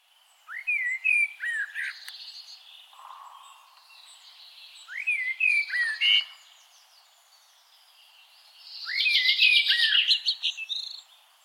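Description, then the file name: Eurasian blackbird song: three separate phrases, each a low fluted warble rising into a squeaky, scratchy twitter, with short pauses between phrases. "Turdus merula"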